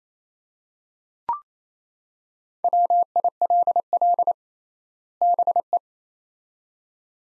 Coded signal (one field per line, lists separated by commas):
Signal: Morse code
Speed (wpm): 28 wpm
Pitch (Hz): 700 Hz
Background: none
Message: WILL BE